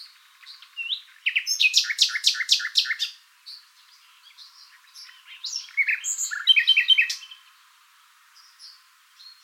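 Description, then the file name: Common nightingale singing two phrases, each a rapid series of loud repeated notes, with quieter whistled notes and chirps between them. "Luscinia megarhynchos"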